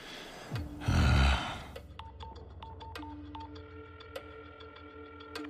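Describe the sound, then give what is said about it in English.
A satellite phone is dialed, with a quick series of short electronic key beeps after a brief loud rustle, then a steady electronic ringing tone hums underneath. No one speaks. “I'm on a sat phone.”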